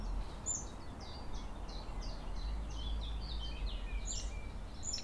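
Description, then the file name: Eurasian blackcap song, a quick series of short high chirps and twittering notes, over a constant low rumble of background noise. "Sylvia atricapilla"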